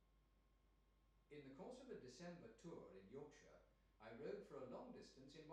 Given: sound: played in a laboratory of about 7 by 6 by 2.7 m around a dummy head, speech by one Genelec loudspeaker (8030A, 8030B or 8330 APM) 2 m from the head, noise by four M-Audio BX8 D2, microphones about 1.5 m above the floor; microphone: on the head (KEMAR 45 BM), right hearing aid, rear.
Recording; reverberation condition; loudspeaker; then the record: male speech in English; medium; 30 degrees to the left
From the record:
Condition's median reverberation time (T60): about 510 ms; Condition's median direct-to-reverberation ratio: about -0.5 dB